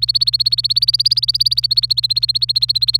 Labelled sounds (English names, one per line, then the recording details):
Domestic Canary song
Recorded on 26 April 2018 at 06:32
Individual llb3